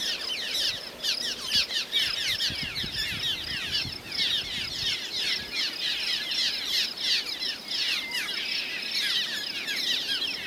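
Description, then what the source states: Cliff swallows calling as a big flock, a dense stream of short, overlapping chirrs that go on without pause. Calls of a big flock; the most common call is a soft chirr, said to sound like 'sure, sure, sure'.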